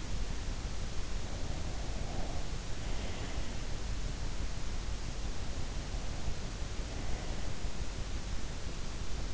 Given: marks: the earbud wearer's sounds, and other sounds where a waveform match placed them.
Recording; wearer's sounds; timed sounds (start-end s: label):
sounds in sleep by an in-ear microphone; breath
1.19-3.62 s: breath
6.78-7.75 s: breath